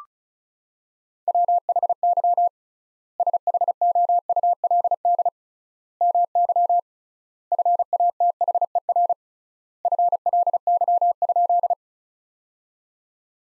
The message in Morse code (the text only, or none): WHY SHOULD MY FATHER FLY?